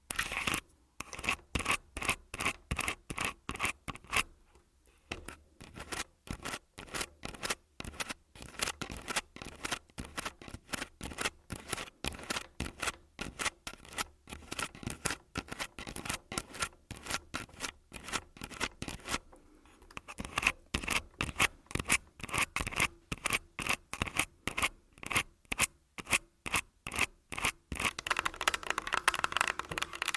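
Full-body tapping and scratching: a dense, fairly regular run of sharp taps, several per second, with quick dry scratchy strokes between them. Brief pauses near 4 and 19 seconds break the pattern, and the final seconds turn into a brighter, steadier rubbing scrape.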